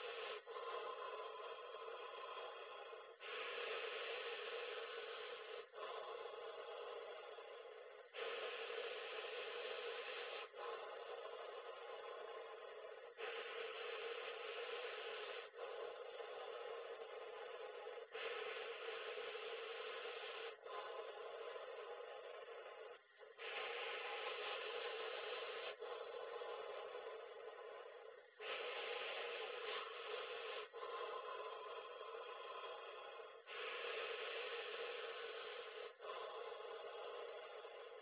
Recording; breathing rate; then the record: paced breathing near a phone; 12 breaths a minute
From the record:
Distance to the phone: 40 cm